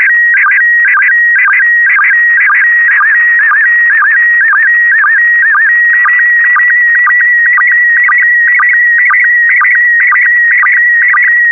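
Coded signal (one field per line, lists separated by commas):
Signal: SSTV (slow-scan television)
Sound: steady warbling high tone broken by short low blips about twice a second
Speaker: rs0iss on the left and a1ss on the right women in space picture of linda in her astronaut suit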